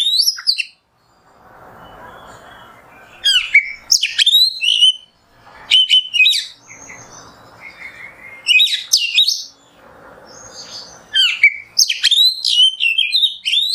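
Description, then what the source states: Oriental magpie-robin song in spaced bursts: clear high whistles and twisting slurred notes, with quieter gaps between phrases. Masteran kacer in the nembak song style, a tutor song for training captive songbirds.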